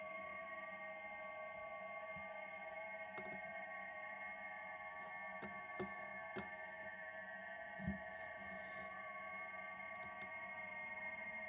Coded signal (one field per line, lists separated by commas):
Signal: FT8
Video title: ICOM IC-705 -WIRELESS FT8 -USING LAPTOP and RS-BA1 software